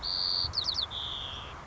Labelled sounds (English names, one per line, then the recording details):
White-crowned Sparrow
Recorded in Sonoma County, California